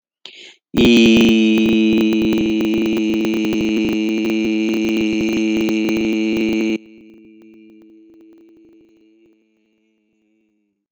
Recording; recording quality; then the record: sustained vowel as in beet; poor, much background noise or distortion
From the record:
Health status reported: healthy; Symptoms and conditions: diabetes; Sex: male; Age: 45 years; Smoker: not ticked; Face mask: not worn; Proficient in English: yes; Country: India